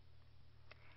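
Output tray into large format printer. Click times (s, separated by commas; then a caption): 0.7 s. The output tray of a Canon iPF5000 large format printer is aligned with its guides and pushed in until it locks into place. A faint tick at 0.7 seconds stands out over a steady low hum, marking the tray locking into the printer.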